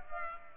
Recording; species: mosquito wingbeat signal from an infrared sensor; Culex pipiens